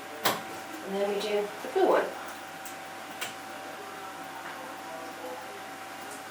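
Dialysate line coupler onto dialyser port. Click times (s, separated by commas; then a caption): 0.3 s. A red dialysate coupler is pushed onto its port on the dialyser while a Nipro Surdial X dialysis machine is set up, and it seats with a sharp, short click at 0.3 s. Someone then talks over a low steady hum.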